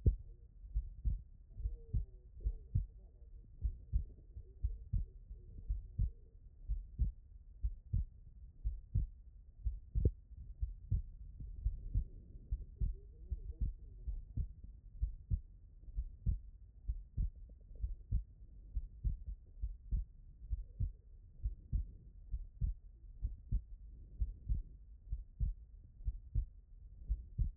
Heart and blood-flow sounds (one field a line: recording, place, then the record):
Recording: heart sounds by stethoscope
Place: tricuspid valve (TV)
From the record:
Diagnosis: non-HFrEF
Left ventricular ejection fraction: 62%